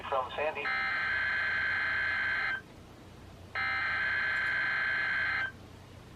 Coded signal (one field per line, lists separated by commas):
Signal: Emergency Alert System (SAME) tones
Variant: header bursts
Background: speech